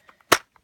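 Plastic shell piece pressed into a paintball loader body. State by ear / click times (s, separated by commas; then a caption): seated / 0.3 s. A plastic shell piece is pressed down into the body of a Dye Rotor paintball loader, tucking under its tabs. A sharp, loud click at 0.3 seconds marks the piece snapping into place, with a few faint ticks around it. The piece is seated.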